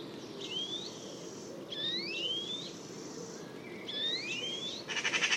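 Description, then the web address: Bird calls: pairs of rising whistled notes repeated about every two seconds, with a short buzzy pulsed burst at the very end. "cianscape birddata Deverinetal"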